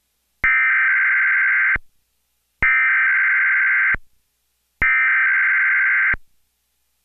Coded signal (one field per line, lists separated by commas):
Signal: Emergency Alert System (SAME) tones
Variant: header bursts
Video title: EAS History - Broadcasts for the Past 20 Years! (2002 - 2022)